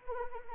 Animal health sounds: mosquito wingbeat signal from an infrared sensor; Anopheles arabiensis

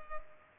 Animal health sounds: mosquito wingbeat signal from an infrared sensor; Culex pipiens

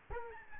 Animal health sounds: mosquito wingbeat signal from an infrared sensor; Aedes albopictus

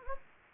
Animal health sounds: mosquito wingbeat signal from an infrared sensor; Anopheles gambiae

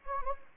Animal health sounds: mosquito wingbeat signal from an infrared sensor; Anopheles gambiae

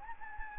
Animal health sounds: mosquito wingbeat signal from an infrared sensor; Anopheles gambiae

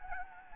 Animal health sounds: mosquito wingbeat signal from an infrared sensor; Anopheles gambiae

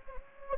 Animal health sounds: mosquito wingbeat signal from an infrared sensor; Anopheles gambiae

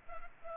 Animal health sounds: mosquito wingbeat signal from an infrared sensor; Culex pipiens

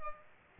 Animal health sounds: mosquito wingbeat signal from an infrared sensor; Culex pipiens

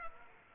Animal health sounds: mosquito wingbeat signal from an infrared sensor; Culex pipiens

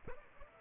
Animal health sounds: mosquito wingbeat signal from an infrared sensor; Aedes aegypti

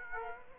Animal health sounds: mosquito wingbeat signal from an infrared sensor; Aedes aegypti

